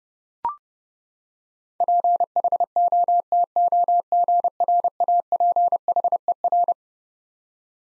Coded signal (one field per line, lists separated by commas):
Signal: Morse code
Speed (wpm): 30 wpm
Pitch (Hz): 700 Hz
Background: none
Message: PHOTOGRAPHER